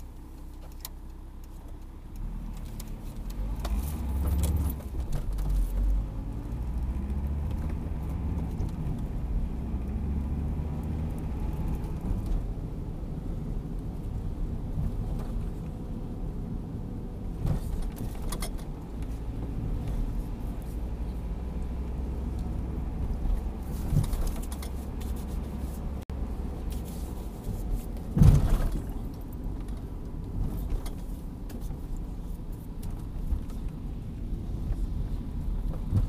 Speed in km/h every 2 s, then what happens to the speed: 0, 4, 9, 26, 36, 45, 44, 43, 41, 43, 47, 49, 50, 49, 40, 33, 29, 29.
0-10 pulls away to 45. 10-17 steady at about 43. 17-21 speeds up to 49. 21-26 steady at about 49. 26-36 slows to 29.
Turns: none.